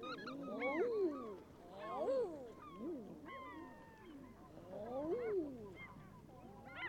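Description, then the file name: Common eider crooning calls, several soft rising-then-falling 'ah-oo' notes. "Edredone"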